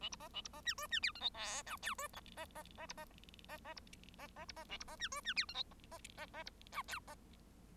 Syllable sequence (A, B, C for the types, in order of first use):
A B C A B C D E D F G H I J K E C C C B C C C B C A B C D E D F G H C C C B J K C